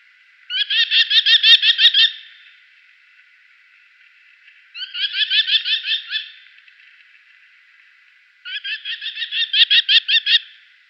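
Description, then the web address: Merlin chattering in three separate bursts, each a quick string of sharp, strident repeated notes, with short pauses between the bursts. "Merlin faucon-emerillon"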